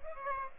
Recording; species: mosquito wingbeat signal from an infrared sensor; Aedes aegypti